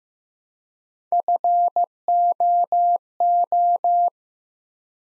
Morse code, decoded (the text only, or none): FOO